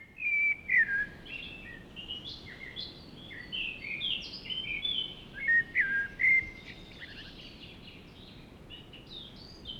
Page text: Игорь Никольский, Turdus merula - Чёрный дрозд Песня